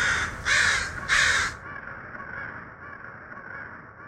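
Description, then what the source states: Crow calls: a few loud hoarse caws in quick succession, then fainter cawing continues in the background. A flock of crows.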